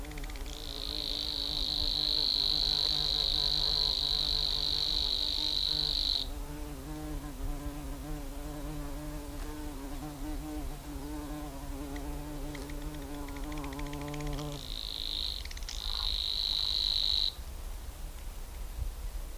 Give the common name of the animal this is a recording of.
Savi's Warbler